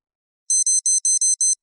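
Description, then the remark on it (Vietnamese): A quick run of six short, high electronic beeps from an information watch notification, evenly spaced in a steady rhythm, with no voices. “Đồng hồ thông tin lại vang lên vài tiếng.”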